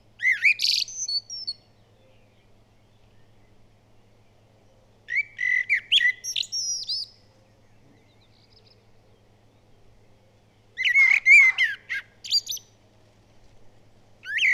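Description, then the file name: Common blackbird song, short bursts of low flutey warbling each closing with thin high squeaks, repeated roughly every five seconds over a soft background hum. "Turdus merula"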